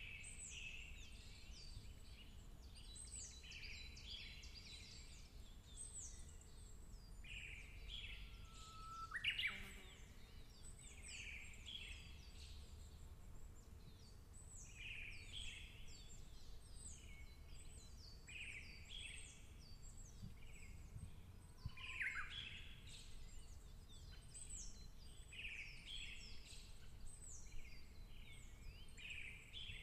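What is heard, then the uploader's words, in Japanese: A highland morning with many birds calling at once, a dense, steady layer of bright chirps and trills across the whole half minute. A soft low rumble sits underneath, and one louder call with a rising sweep stands out around nine seconds and again near twenty-two. 高原の朝。早朝 チェリーパークラインにて録音。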